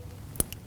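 An engine wiring harness connector is lined up and pushed down onto a new ignition coil on a 2016-2025 Chevrolet Malibu 1.5L L4 during a spark plug replacement. A faint tick at 0.36 s leads into a slight but sharp click at 0.4 s, followed by a softer tick at 0.5 s over a quiet background. The click at 0.4 s confirms the connector has seated on the coil.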